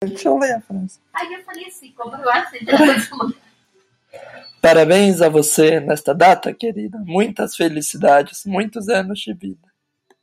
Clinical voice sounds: short text; Brazilian Portuguese; male; 20 to 29 years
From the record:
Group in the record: control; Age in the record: 20 years

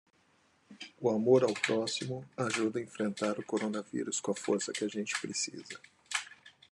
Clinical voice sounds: spoken sentence; Brazilian Portuguese; male; 50 to 59 years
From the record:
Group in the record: control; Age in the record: 50 years

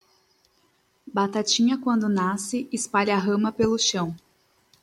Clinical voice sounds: short text; Brazilian Portuguese; female; 20 to 29 years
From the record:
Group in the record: control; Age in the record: 27 years

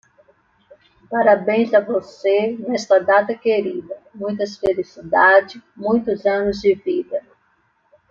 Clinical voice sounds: short text; Brazilian Portuguese; female; 50 to 59 years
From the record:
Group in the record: control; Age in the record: 57 years

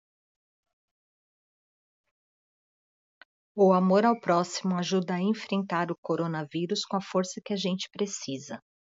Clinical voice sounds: spoken sentence; Brazilian Portuguese; female; 50 to 59 years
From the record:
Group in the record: control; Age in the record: 54 years

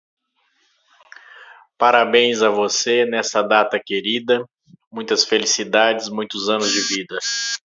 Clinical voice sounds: short text; Brazilian Portuguese; male; 30 to 39 years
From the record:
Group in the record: control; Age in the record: 37 years

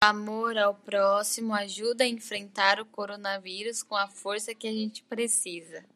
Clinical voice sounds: spoken sentence; Brazilian Portuguese; female; 18 to 19 years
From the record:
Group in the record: control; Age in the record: 19 years

